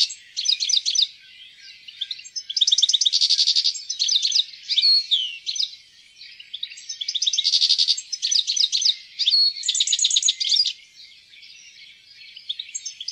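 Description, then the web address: European goldfinch song: rapid, tinkling twitters mixed with dense buzzy trills and brief sliding notes, delivered in bursts with short pauses throughout. "fuglelyder- stilits"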